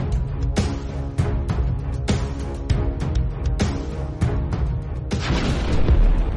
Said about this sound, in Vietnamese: Ba Phổ còn chưa hiểu thầy Lương đang nói gì thì từ bên ngoài vang lên tiếng nổ ầm trời. Tiếng nổ khiến cho mặt đất nơi Ba Phổ đang đứng phải rung chuyển. Khói bụi bốc lên mù mịt.